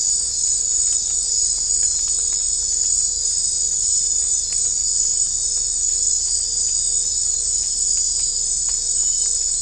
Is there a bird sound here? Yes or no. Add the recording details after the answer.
no. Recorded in dense forest near Puerto Asís, Putumayo, Colombia, on 22 December 2024 at 22:00. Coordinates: 0.500, -76.322. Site G053